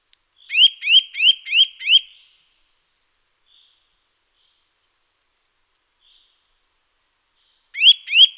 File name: Sitta europaea